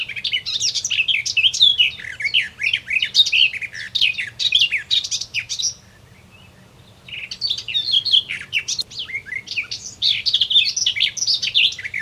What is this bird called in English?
Garden Warbler